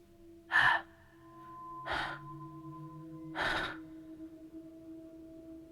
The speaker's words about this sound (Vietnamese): Tiếng thở không giống như tiếng thở của con người, mà như là một dã thú đói khát đang nhìn con mồi.